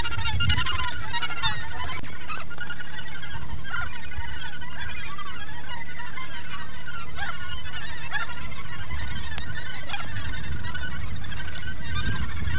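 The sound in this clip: Gannets giving harsh barking calls repeated steadily throughout, many birds overlapping in a chattering chorus over a low rumbling background.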